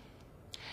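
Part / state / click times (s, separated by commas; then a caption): auto-injector pen against the skin (end-of-injection click) / seated / 0.5 s. A plastic alirocumab auto-injector pen held against bare skin finishes delivering its dose, with the medication window fully yellow. Over a quiet background, a sharp, short second click sounds at 0.5 s, marking the end of the injection.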